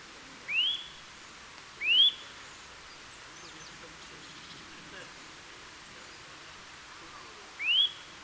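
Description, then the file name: Eurasian nuthatch calling with three quick rising whistles, two close together and a third after a long pause, against a low hiss. "Sitta europaea"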